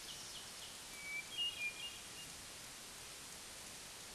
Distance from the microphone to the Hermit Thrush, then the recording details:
about 45 m. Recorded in a Pennsylvania forest on 3 June 2023 at 07:12. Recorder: AudioMoth, point grid3_28_high. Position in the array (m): 76 m, 38 m